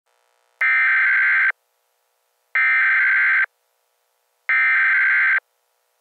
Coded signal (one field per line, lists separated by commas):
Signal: Emergency Alert System (SAME) tones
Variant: header bursts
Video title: EAS Scenario Preview - The Spinning Cloud: Unleash Hell in Darkness